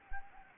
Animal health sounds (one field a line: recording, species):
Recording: mosquito wingbeat signal from an infrared sensor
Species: Anopheles gambiae